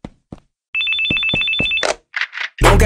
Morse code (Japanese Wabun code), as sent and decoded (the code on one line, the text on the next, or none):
none